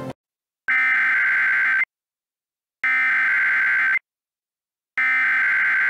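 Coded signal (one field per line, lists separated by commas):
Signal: Emergency Alert System (SAME) tones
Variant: header bursts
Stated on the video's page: Comedy EAS parody, simulated.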